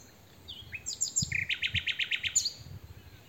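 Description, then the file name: Common nightingale song, a few thin whistles leading into a fast, even series of repeated chirping notes. "Luscinia megarhynchos"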